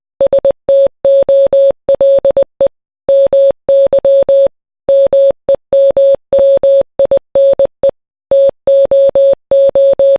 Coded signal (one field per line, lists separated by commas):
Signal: Morse code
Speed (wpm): 20 wpm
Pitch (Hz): 550 Hz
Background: none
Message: STOLE MY MEM MINE TOO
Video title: TheLegend27 but it's morse code